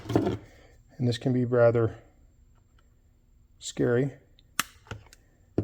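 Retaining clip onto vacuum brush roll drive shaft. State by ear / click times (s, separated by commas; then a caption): seated / 4.6 s. Someone talks while pushing a plastic retaining clip into its groove on the brush roll drive shaft of a Shark Hydrovac vacuum after a belt replacement for a brush roll that would not spin. A sharp, loud snap at 4.6 s marks the clip seating, followed by a few quieter ticks.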